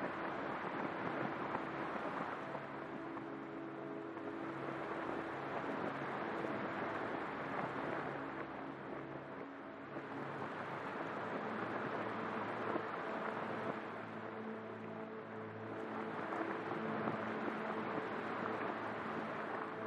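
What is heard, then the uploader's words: Soft, steady rain hiss blankets slow, sustained low chords that shift every few seconds, swelling gently around the middle and near the end. Atmospheric chords underneath the peaceful sound of rain going in and out with your breathing. Peaceful Music with Rain Sounds.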